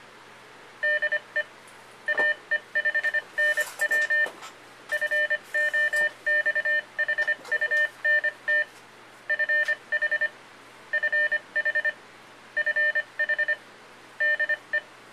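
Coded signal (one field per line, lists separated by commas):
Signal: Morse code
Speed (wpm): 25 wpm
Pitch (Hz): 1800 Hz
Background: none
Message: DE AE5NW FOXHUNT FH FH FH DE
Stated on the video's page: Morse ID from an Arduino fox hunt IDer and controller, driving an old Heathkit handheld transceiver.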